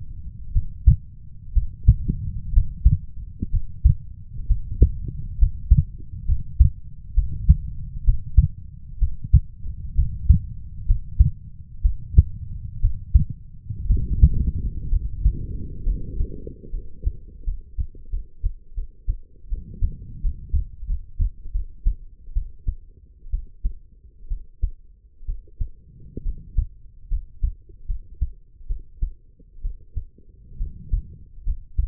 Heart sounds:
heart sounds by stethoscope; 68 bpm
0.52 s: heartbeat
1.52 s: heartbeat
2.52 s: heartbeat
3.50 s: heartbeat
4.46 s: heartbeat
5.38 s: heartbeat
6.25 s: heartbeat
7.13 s: heartbeat
8.03 s: heartbeat
8.98 s: heartbeat
9.94 s: heartbeat
10.85 s: heartbeat
11.81 s: heartbeat
12.80 s: heartbeat
13.86 s: heartbeat
14.89 s: heartbeat
15.83 s: heartbeat
16.70 s: heartbeat
17.44 s: heartbeat
18.10 s: heartbeat
18.75 s: heartbeat
19.49 s: heartbeat
20.22 s: heartbeat
20.87 s: heartbeat
21.52 s: heartbeat
22.34 s: heartbeat
23.31 s: heartbeat
24.28 s: heartbeat
25.26 s: heartbeat
26.23 s: heartbeat
27.09 s: heartbeat
27.87 s: heartbeat
28.67 s: heartbeat
29.62 s: heartbeat
30.58 s: heartbeat
31.44 s: heartbeat
From the record:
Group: healthy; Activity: Valsalva maneuver 0-11 s, rest 11-32 s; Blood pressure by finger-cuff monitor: 113/74 mmHg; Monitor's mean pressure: 84 mmHg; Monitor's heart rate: 64 bpm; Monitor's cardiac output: 5 L/min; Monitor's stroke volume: 78 mL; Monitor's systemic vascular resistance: 1170 dyn s/cm5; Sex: female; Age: 23 years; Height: 160 cm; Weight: 50.4 kg

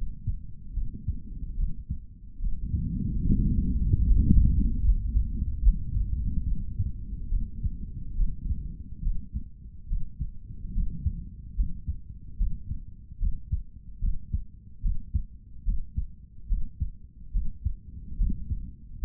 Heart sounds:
heart sounds by stethoscope; 72 bpm
0.74 s: heartbeat
1.56 s: heartbeat
2.39 s: heartbeat
3.23 s: heartbeat
4.03 s: heartbeat
4.82 s: heartbeat
5.61 s: heartbeat
6.44 s: heartbeat
7.29 s: heartbeat
8.15 s: heartbeat
9.02 s: heartbeat
9.88 s: heartbeat
10.73 s: heartbeat
11.56 s: heartbeat
12.37 s: heartbeat
13.19 s: heartbeat
14.00 s: heartbeat
14.82 s: heartbeat
15.64 s: heartbeat
16.48 s: heartbeat
17.32 s: heartbeat
18.17 s: heartbeat
19.00 s: heartbeat
From the record:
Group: healthy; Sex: male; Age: 55 years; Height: 167 cm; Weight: 57.2 kg

